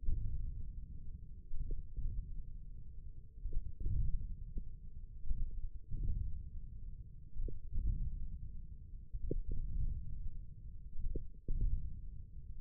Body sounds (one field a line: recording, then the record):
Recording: forearm muscle sounds (acoustic myography)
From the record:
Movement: wrist extension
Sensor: system 1, eight BSWA MPA416 microphones around the upper forearm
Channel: 4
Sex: male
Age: 28 years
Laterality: right